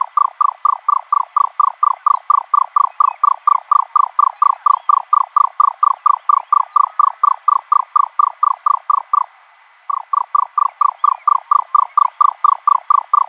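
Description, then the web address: Egyptian nightjar display call, a long even series of throaty pulses in rapid succession, broken by one short gap before resuming. Male giving display call. "Schulze Peter Egyptian Nightjar"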